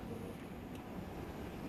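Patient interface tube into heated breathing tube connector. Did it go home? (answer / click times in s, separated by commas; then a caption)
no / none. A patient interface tube is being pushed onto the heated breathing tube connector of a high-flow oxygen humidifier, with a steady low rumbling hum throughout. The connector has not clicked or seated yet.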